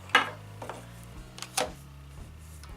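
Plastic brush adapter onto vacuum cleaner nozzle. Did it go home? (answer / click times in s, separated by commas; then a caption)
no / none. A plastic dust-brush adapter is pushed onto the nozzle of a Dyson stick vacuum, producing a sharp plastic knock at 0.1 s, lighter taps around 0.6–0.7 s, and another clear knock at 1.6 s, over a steady low hum. The adapter goes on but does not lock into place, and nothing has clicked or seated yet.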